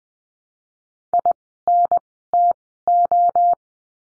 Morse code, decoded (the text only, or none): INTO